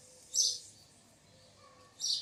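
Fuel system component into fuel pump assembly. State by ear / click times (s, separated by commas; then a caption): not seated / none. A slippery fuel system component is handled and pushed onto the fuel pump assembly of a Toyota Corolla during a repair for an engine misfire caused by lack of fuel. Two short, bright, hissy bursts are heard, one around 0.3–0.6 s and another from about 2.0 s to the end, over a faint low background hum. Nothing has seated or clicked yet.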